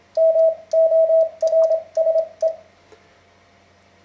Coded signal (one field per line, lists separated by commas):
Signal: Morse code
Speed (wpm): 26 wpm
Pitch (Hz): 650 Hz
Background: radio noise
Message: MORSE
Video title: Learning Morse Code - An Introduction